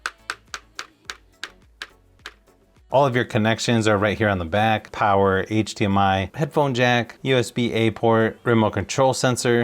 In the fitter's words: You can see as you rotate it, it's got several notches that it locks into place.